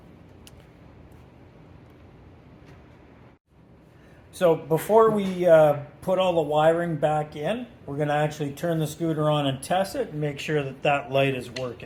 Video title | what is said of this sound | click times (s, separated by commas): EVOLV Terra - Replacing the LED Deck Light | the pins up Don't Force anything just push it together until it clicks and | 0.5 s